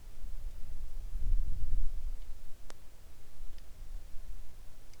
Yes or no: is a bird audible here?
no